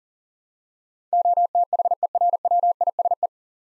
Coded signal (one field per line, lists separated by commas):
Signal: Morse code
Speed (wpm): 40 wpm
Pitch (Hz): 700 Hz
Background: none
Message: OTHERWISE